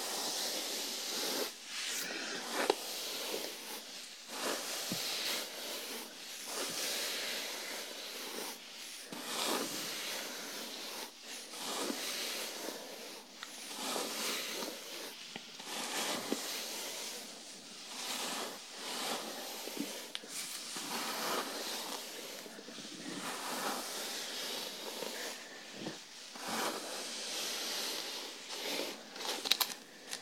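Hair brushing and scalp massage with shampoo: a continuous bright scratchy hiss, broken by frequent quick rustling strokes and soft crackles, with no low sounds.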